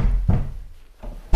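A door is kicked in: three heavy, booming thuds at uneven intervals, low and forceful, the final blow the loudest and sharpest, with no voices.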